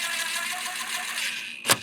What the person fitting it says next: I just barely get a click and then I come back and I hand tighten them